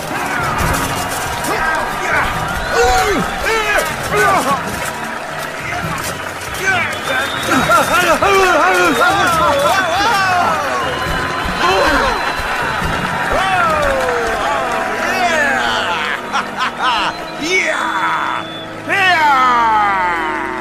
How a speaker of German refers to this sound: Das Publikum war außer sich vor Begeisterung und jubelte den beiden Siegern zu.